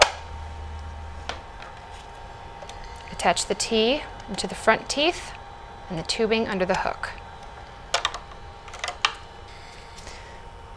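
A disposable plastic PRP processing kit is pushed down into the holder of a Magellan centrifuge and clicks into place, with a sharp, loud click at 0.0 s. Someone then talks, and a few more sharp clicks and knocks follow around 7.9 to 9.1 s.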